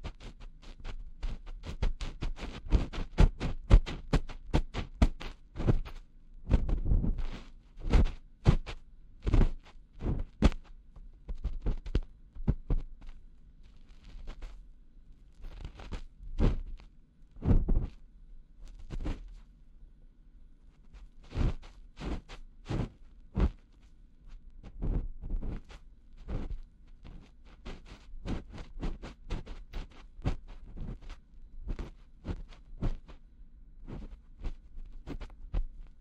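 Fingers rub and massage the ear with slick, irregular thumps and crackles in dense bursts, pausing briefly, over a faint low hum.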